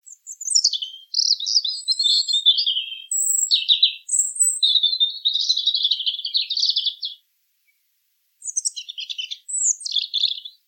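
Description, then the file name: European robin song: rapid, high, varied twittering phrases with thin whistles and trills, delivered in bursts for about seven seconds, then a short pause before another phrase. "Erithacus rubecula"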